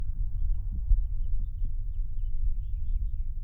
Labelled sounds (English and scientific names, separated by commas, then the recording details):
House Finch (Haemorhous mexicanus) song
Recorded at Babylon on Long Island, New York, on 22 May 1975
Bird C